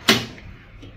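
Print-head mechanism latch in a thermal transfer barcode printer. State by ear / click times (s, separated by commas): seated / 0.1 s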